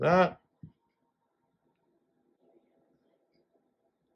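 Someone talks briefly at the start, followed by a short low thump at about 0.6 s. Then come faint, scattered handling sounds from about 2.3 to 3.6 s as an Apple Watch band connector is slid toward the slot on the watch case. Nothing has seated or clicked yet.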